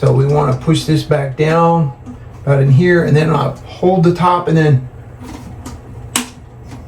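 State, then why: Seated. Someone talks while pushing a toilet fill valve body back down and holding its top, until the plastic water-lock clip at the bottom of the valve shaft snaps into its locked position. A sharp snap is heard at 6.2 s, showing the height-lock clip has seated.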